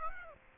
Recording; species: mosquito wingbeat signal from an infrared sensor; Aedes aegypti